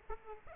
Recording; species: mosquito wingbeat signal from an infrared sensor; Aedes aegypti